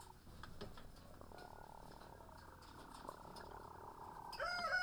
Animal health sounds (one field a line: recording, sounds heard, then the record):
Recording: poultry house recording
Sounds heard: sick chickens (respiratory disease)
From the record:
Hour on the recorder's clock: 9